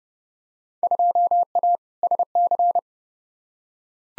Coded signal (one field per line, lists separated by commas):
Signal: Morse code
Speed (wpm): 29 wpm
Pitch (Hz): 700 Hz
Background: none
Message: 2A SC